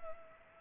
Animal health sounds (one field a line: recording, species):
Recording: mosquito wingbeat signal from an infrared sensor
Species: Culex pipiens